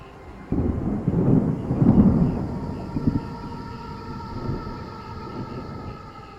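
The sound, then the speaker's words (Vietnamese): Deep thunder rumbles in heavy, rolling waves, swelling loudest early on before fading into a lower, lingering grumble with no voices present. “Trên cao sấm khăn động trời, bên dưới địa mạch lay động.”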